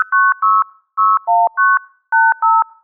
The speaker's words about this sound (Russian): Послушаем, как зазвучал теперь наш номер телефона.